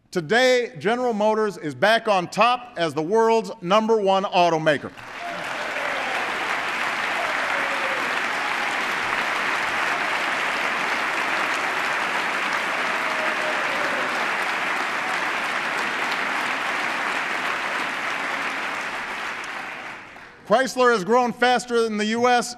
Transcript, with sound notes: Today, General Motors is back on top as the world’s number-one automaker. (Applause.) Chrysler has grown faster in the U.S.